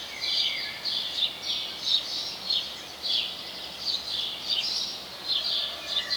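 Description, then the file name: House sparrow calling, a run of bright chirps, with a quieter lower note early on and background hiss. "Passer domesticus"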